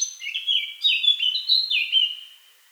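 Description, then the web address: Eurasian blackcap singing a short run of clear, fluting whistled notes that step up and down, fading away at the close. "SETE Sylvia atricapilla"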